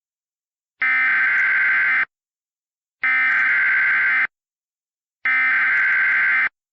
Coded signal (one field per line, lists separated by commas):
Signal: Emergency Alert System (SAME) tones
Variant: header bursts